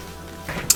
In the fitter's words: should do the trick so I'm just pushing that top panel back down make sure it clicks in place and go